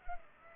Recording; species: mosquito wingbeat signal from an infrared sensor; Culex pipiens